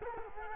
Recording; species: mosquito wingbeat signal from an infrared sensor; Culex quinquefasciatus